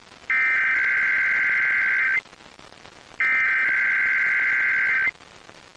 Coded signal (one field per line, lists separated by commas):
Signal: Emergency Alert System (SAME) tones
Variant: header bursts